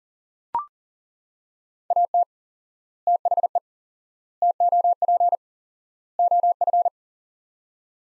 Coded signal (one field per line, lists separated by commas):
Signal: Morse code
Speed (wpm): 40 wpm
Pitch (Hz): 700 Hz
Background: none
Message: AT THE TOP OF